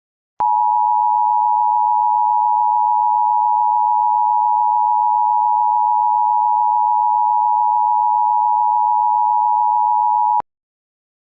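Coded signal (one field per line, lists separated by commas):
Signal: Emergency Alert System (SAME) tones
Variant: 853 and 960 Hz attention tone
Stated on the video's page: Simulated EAS mock made with Audacity and VSDC.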